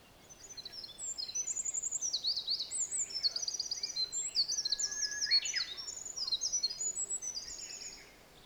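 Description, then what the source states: Olive-backed Pipit song: a long, unbroken run of high, thin trills and buzzy twittering phrases that jump between pitches, with one lower downslurred note near the middle. Also called Indian Tree Pipit; recorded at Mt Hinoki.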